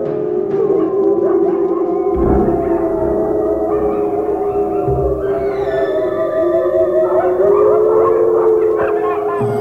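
Several wolves howl together in the French radio programme Mes amis les loups, a continuous chorus of long, overlapping tones, some holding steady while others glide upward and waver, loud and unbroken throughout.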